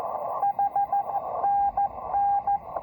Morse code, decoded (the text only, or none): HNN